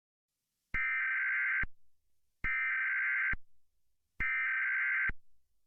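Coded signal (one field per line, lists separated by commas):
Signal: Emergency Alert System (SAME) tones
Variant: header bursts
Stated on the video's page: Fictitious mock tornado warning with valid EAS tones, made in 1990s/2000s Black EASyPLUS style.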